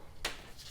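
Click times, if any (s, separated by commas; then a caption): 0.2 s. A plastic hook latch that locks a fabric KOM Cycling saddle tool roll closed is pulled open by hand. It comes free with one sharp snap at 0.3 s (0.25 s), and the latch is released.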